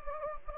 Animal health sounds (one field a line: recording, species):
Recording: mosquito wingbeat signal from an infrared sensor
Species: Anopheles gambiae